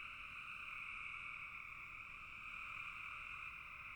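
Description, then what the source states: Frogs in a dense, continuous chorus, a steady shimmering drone in two bands, one mid and one high, with no pauses throughout. Frogs in a bog.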